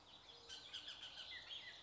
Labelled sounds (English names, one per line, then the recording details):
Bullock's Oriole
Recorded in Sonoma County, California